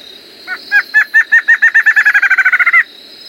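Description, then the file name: Streak-backed antshrike singing an accelerating run of clear, bouncing notes that quicken into a tight rattle-like finish, with a constant high buzzing tone behind. Song, Roraima. "Canto do choca de roraima"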